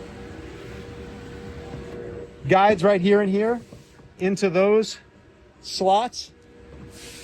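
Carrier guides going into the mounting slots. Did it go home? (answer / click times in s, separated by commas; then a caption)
no / none. The metal guides of an Owl Sprinter B2Pro / B2 Classic carrier are lined up into their mounting slots before it is pressed toward the latch, while someone talks over a low, steady background hum. Nothing has seated or clicked yet.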